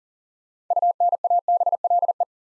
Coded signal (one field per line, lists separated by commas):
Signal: Morse code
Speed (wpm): 40 wpm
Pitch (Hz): 700 Hz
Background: none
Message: UNABLE